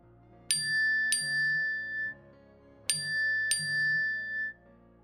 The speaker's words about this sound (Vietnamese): Âm báo tin nhắn vang lên